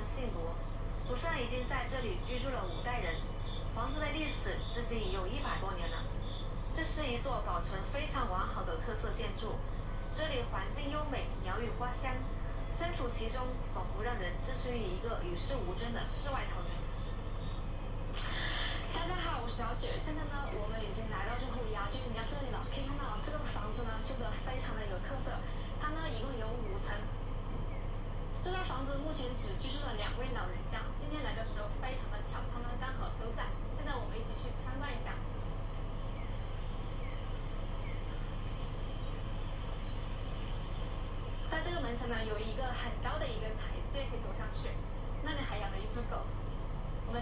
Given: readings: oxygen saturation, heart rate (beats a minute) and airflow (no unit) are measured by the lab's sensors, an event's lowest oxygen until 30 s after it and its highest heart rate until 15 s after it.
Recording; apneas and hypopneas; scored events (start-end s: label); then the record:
a person awake in a sleep study, by a smartphone at the bedside; none
0.00-47.21 s: awake
From the record:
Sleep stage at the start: awake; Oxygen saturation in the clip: 93 to 94%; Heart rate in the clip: 59 to 64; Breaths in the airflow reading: 16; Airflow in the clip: -4.6 to 4.7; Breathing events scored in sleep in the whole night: 476 in 9.7 hours asleep